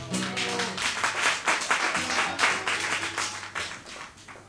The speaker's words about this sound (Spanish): Qué bien que aplaudió el frente. Y los costados también aplaudieron, eso es importante.